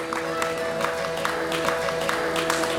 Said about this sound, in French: Vous pouvez les applaudir. Ah oui, oui, vous pouvez absolument les applaudir.